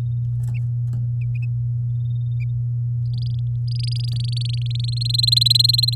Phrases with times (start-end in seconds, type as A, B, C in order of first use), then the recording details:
3.13-3.40 A, 3.67-5.03 A, 5.05-5.95 B. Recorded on 8 May 2018 at 07:05. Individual llb16